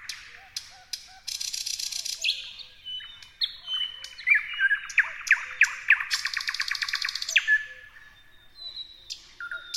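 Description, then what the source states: Thrush nightingale singing a loud, rich sequence of dry clicks, rattling trills and pure whistled notes, delivered in fast bursts with brief pauses between phrases. Several thrush nightingales singing.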